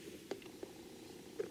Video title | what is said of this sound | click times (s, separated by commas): Shaving fender flares part 2 | Look at that. Snap. It snapped right in there. | 0.3 s, 0.4 s